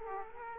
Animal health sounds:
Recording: mosquito wingbeat signal from an infrared sensor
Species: Aedes aegypti

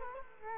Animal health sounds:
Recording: mosquito wingbeat signal from an infrared sensor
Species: Culex quinquefasciatus

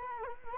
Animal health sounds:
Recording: mosquito wingbeat signal from an infrared sensor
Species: Culex quinquefasciatus

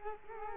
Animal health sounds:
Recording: mosquito wingbeat signal from an infrared sensor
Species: Culex quinquefasciatus

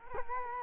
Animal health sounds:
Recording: mosquito wingbeat signal from an infrared sensor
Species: Culex quinquefasciatus

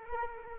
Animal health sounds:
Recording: mosquito wingbeat signal from an infrared sensor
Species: Culex quinquefasciatus

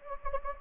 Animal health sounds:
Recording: mosquito wingbeat signal from an infrared sensor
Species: Anopheles gambiae

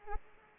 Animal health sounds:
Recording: mosquito wingbeat signal from an infrared sensor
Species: Aedes aegypti

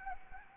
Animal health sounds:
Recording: mosquito wingbeat signal from an infrared sensor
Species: Anopheles gambiae

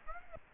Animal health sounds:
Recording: mosquito wingbeat signal from an infrared sensor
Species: Aedes aegypti

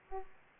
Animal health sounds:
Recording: mosquito wingbeat signal from an infrared sensor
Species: Aedes aegypti

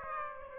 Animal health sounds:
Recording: mosquito wingbeat signal from an infrared sensor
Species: Aedes aegypti

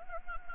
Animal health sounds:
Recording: mosquito wingbeat signal from an infrared sensor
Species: Anopheles gambiae

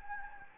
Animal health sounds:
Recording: mosquito wingbeat signal from an infrared sensor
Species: Anopheles gambiae

